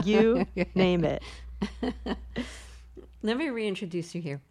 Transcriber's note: laughter